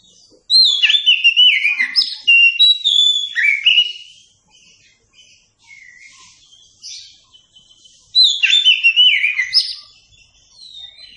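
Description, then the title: Oriental magpie-robin song: two energetic bursts of fast, varied whistles and warbles, separated by several seconds of faint, scattered notes. Song used for training captive birds. "Masteran Burung Kacer"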